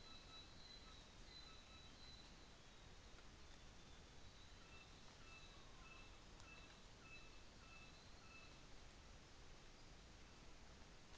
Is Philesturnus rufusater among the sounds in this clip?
yes